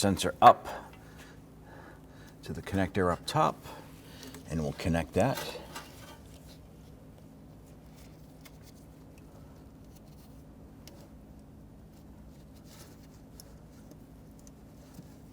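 Someone talks while routing the upstream oxygen sensor's electrical plug up top toward its mating wiring harness connector during a front passenger side catalytic converter replacement on a 2005-2021 Nissan Frontier. Brief handling noises follow, then a long quiet stretch with a couple of faint ticks. Nothing has seated or clicked yet.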